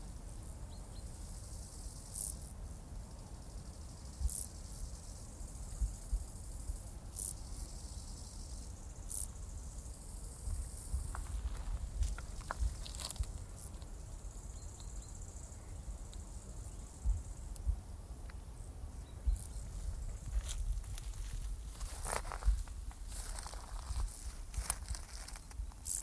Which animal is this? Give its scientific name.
Chorthippus brunneus